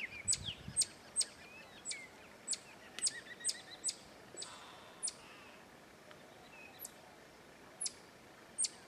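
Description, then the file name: Black-tufted marmoset calls: bright, piercing high notes, closely spaced at first and then scattered, over a faint background hiss. "Canto do Mico Estrela"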